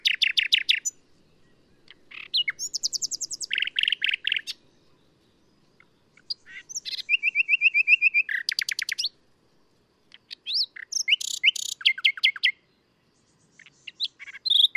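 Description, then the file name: Common nightingale in full song, varied phrases of rapid repeated notes, rattles and sharp whistles following one another with short pauses. "Luscinia megarhynchos"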